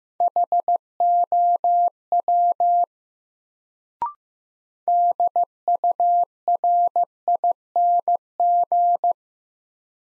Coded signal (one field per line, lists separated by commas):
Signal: Morse code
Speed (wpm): 15 wpm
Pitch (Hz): 700 Hz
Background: none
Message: HOW DURING